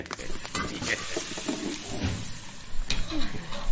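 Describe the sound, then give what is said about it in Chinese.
A steady, crackling sizzle of dumplings frying and burning in a pan, forgotten and left in too long, with scraping, stirring clatters and a few sharper pops and clinks toward the end. No one speaks. “哎，这哪来的糊味啊？ 嗯，哎呦，糟糕！哎呀，饺子忘了起锅了。”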